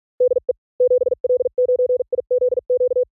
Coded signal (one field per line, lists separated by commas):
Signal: Morse code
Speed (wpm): 45 wpm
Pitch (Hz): 480 Hz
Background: none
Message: DE 7L9IZQ